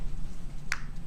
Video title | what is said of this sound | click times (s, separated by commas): New Textile Designs with Maggie Jones - JewelleryMaker DI LIVE 20/02/15 | then it clicks into place | 0.7 s